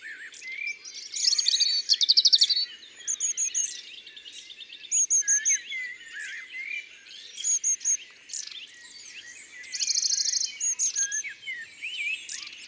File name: Rougegorge familier ABC des chants doiseaux